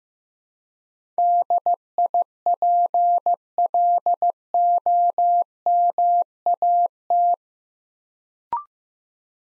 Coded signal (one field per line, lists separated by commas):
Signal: Morse code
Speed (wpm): 15 wpm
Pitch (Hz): 700 Hz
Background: none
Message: DIPLOMAT